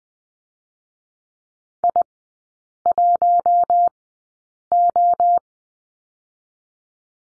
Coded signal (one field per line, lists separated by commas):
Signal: Morse code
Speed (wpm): 20 wpm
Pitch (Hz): 700 Hz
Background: none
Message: I1O